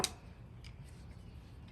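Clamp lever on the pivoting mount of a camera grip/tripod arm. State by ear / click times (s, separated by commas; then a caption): seated / 0.0 s. The small clamp lever on the pivoting mount of a GoPro 3-Way 2.0 camera grip is pressed down to lock the mount in place. A sharp, loud click lands at 0.0 s, followed by a much fainter tick at 0.7 s over a low, steady background. The lever clamps down and the mount is locked.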